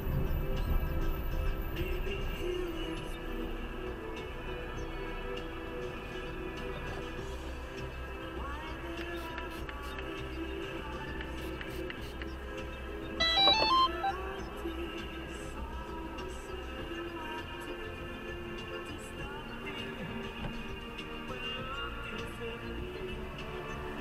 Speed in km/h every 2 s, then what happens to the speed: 16, 0, 0, 0, 0, 0, 0, 0, 0, 0, 2, 3.
0-2 brakes to 0. 2-21 standing.